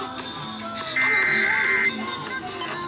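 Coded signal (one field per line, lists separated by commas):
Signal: Emergency Alert System (SAME) tones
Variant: header bursts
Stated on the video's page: EAS test alerts issued by Missouri.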